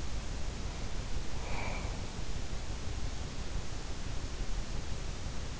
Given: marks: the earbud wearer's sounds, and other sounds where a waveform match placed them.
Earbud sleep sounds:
sounds in sleep by an in-ear microphone; breath
0.50-2.05 s: breath

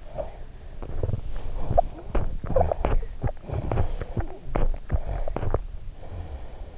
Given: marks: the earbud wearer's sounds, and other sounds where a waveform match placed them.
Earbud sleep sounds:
sounds in sleep by an in-ear microphone; teeth grinding
0.00-6.74 s: teeth grinding

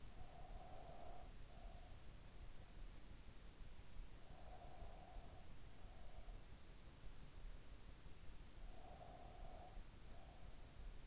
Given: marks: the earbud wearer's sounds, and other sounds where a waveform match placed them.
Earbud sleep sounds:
sounds in sleep by an in-ear microphone; breath
0.00-2.29 s: breath
4.11-6.81 s: breath
8.48-11.07 s: breath

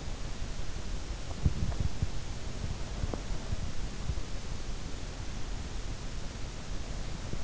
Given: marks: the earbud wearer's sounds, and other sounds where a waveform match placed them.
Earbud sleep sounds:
sounds in sleep by an in-ear microphone; teeth grinding
0.99-4.37 s: teeth grinding

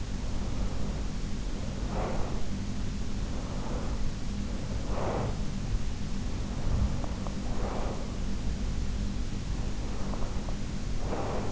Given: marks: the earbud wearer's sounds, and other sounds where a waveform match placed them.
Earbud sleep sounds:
sounds in sleep by an in-ear microphone; breath
0.00-2.63 s: breath
3.26-5.47 s: breath
6.18-8.27 s: breath
9.69-11.52 s: breath

